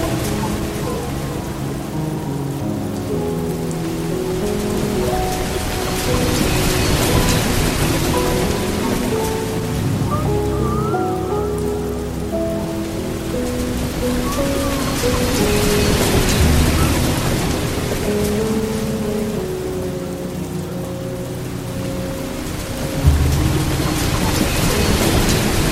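Slow, gentle piano plays sustained low and middle notes over a steady rush of flowing water that stays even throughout. The hiss of the stream swells slightly in places, and a soft thump stands out near the 23-second mark.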